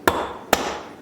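A metal filter basket for a DeLonghi EC685 espresso machine is pressed back into the portafilter. Two sharp metallic pops are heard at 0.1 s and 0.5 s, each ringing briefly before fading. The basket is confirmed seated in the portafilter.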